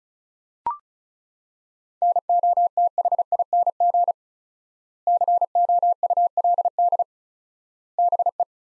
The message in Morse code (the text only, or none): NOTHING COULD BE